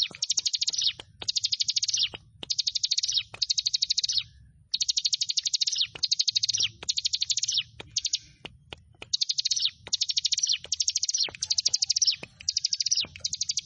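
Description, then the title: Prinia song of repeated high, rapid buzzy trills in phrases under a second long, coming almost continuously with short gaps and scattered clicks. "Ciblek Sawah"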